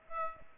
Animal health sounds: mosquito wingbeat signal from an infrared sensor; Aedes aegypti

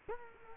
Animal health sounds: mosquito wingbeat signal from an infrared sensor; Culex quinquefasciatus

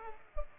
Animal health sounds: mosquito wingbeat signal from an infrared sensor; Culex pipiens

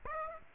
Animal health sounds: mosquito wingbeat signal from an infrared sensor; Aedes aegypti

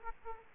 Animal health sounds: mosquito wingbeat signal from an infrared sensor; Aedes aegypti

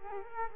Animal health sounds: mosquito wingbeat signal from an infrared sensor; Culex quinquefasciatus

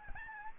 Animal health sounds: mosquito wingbeat signal from an infrared sensor; Aedes albopictus

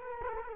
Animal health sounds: mosquito wingbeat signal from an infrared sensor; Culex quinquefasciatus

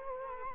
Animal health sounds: mosquito wingbeat signal from an infrared sensor; Culex quinquefasciatus

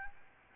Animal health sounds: mosquito wingbeat signal from an infrared sensor; Aedes albopictus

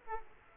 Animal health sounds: mosquito wingbeat signal from an infrared sensor; Aedes aegypti

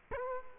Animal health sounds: mosquito wingbeat signal from an infrared sensor; Culex quinquefasciatus

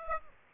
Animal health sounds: mosquito wingbeat signal from an infrared sensor; Aedes aegypti

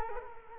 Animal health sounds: mosquito wingbeat signal from an infrared sensor; Culex quinquefasciatus

